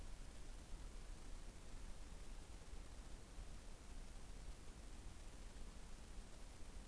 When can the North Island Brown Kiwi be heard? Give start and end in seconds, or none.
none